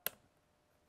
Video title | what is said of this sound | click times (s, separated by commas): Empire Helix Thermal Paintball Mask | pull tab thingy and just pop it into the slot | 0.1 s